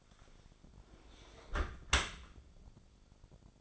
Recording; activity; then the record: daily activity, microphone in the room; close dishwasher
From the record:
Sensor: 5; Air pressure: 1006.8 hPa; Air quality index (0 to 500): 182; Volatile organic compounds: 5 ppm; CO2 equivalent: 1739 ppm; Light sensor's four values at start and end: 54/150/59/59 and 53/147/58/58